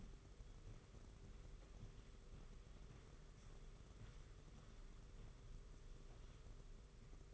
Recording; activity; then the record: daily activity, microphone in the room; walk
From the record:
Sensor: 4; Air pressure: 991.5 hPa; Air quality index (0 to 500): 138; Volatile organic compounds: 57 ppm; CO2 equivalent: 3378 ppm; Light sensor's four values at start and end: 23/75/28/29 and 23/74/27/28